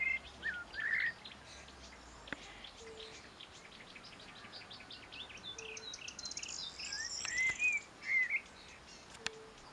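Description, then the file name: Common blackbird giving brief warbled notes at the opening and around seven to eight seconds, with high twittering throughout. "Turdus merula"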